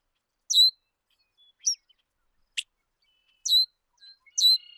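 Bird calls: a series of short high chirps and a sharp click, irregularly spaced, with faint thin tones between; quiet otherwise.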